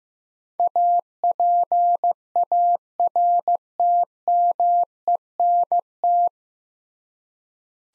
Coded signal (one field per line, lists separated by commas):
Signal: Morse code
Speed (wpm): 15 wpm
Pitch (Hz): 700 Hz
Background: none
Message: APARTMENT